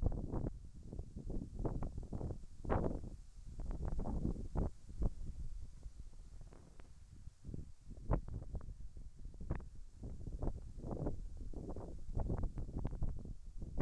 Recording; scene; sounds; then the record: everyday scene through a hearing-aid microphone; wind on the microphone; wind, whistling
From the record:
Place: in front of a rural house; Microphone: behind the ear, right, front